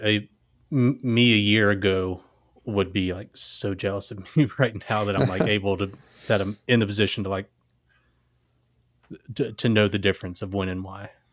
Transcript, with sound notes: I, me a year ago would be like so jealous of me right now, (laugh) that I'm like able to set them in a position to like to know the difference of one and why.